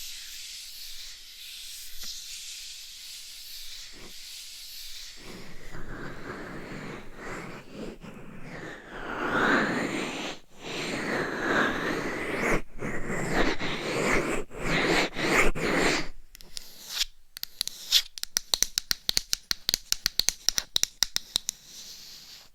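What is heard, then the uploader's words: Scratching and rubbing against a dummy-head microphone, starting as a thin hiss and swelling after about five seconds into dense, full rubbing with rising and falling strokes. From around seventeen seconds it turns into fast, regular crisp taps and scratches. Binaural Dummy Head Mic Scratching , Massage & Tapping.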